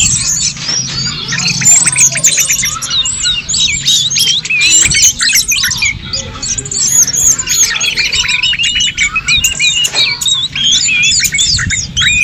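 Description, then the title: Birds singing in a dense, continuous chorus of high chirps, squawks and whistled notes, overlapping without pause. "SuaraBurung Kicau3"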